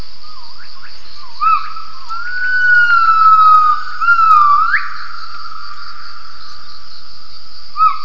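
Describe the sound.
Gibbon calls: a few short whooping notes, then a long, pure, wavering whistle that sweeps up sharply at its end, followed by quiet and one final note.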